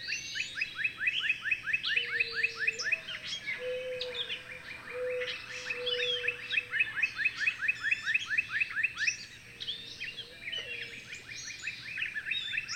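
Bird song: rapid trains of rising chirped notes with scattered high twittering and low whistled tones at times.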